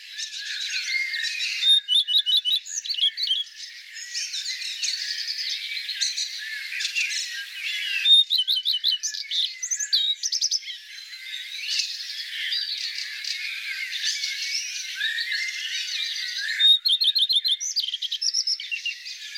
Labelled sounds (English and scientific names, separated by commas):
Common Redstart (Phoenicurus phoenicurus) song